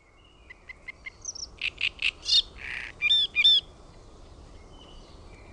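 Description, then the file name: Great reed warbler song: a few faint ticks, then loud harsh grating notes and two repeated ringing, creaky syllables, followed by quiet scattered notes. "RASTASKERTTUNEN"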